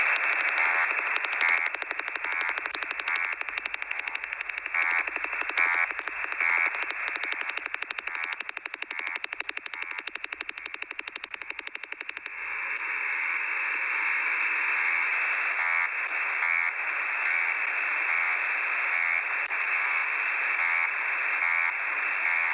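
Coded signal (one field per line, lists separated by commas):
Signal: unidentified radio signal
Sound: rapid steady clicking buzz, about twelve pulses a second, over shortwave hiss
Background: radio static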